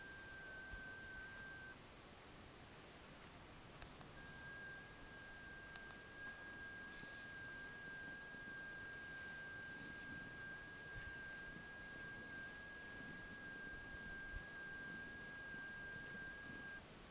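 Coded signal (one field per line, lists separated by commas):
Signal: FT8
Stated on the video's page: Summits on the Air activation at Lassen Volcanic National Park, QRP.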